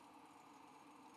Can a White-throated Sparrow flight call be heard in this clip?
no